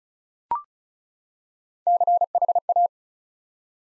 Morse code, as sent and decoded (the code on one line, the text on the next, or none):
-.-. .... .-
CHA